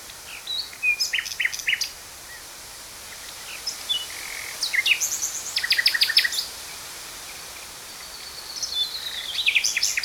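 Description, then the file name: Common Nightingale song: scattered sharp notes, then a rapid rattling run of repeated clicks, a quiet gap, and a long whistle leading into fresh trills. "Nachtegaal - Luscinia megarhynchos"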